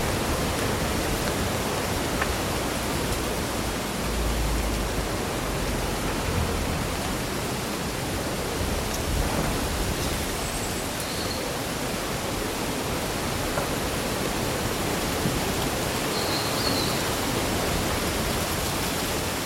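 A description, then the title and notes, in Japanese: Leaves rustle in a summer breeze as a steady, dense hiss that barely changes in loudness across the whole stretch. A couple of faint, thin bird chirps poke through high above it, once near the middle and once toward the end. そよ風の吹く夏の日、ざわめく葉と鳥のさえずり。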